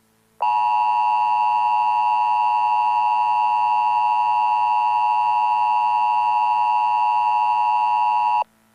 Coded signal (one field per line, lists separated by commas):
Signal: Emergency Alert System (SAME) tones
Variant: 853 and 960 Hz attention tone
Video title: EAS Scenario: Aqualungs